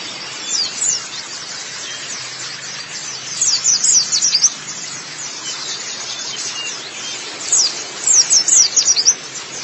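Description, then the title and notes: White-eye song in short bursts of very high, quick twittering notes, separated by a few seconds of quiet hiss. "Kicauan Burung Pleci Durasi Panjang. Suara kicauan burung pleci"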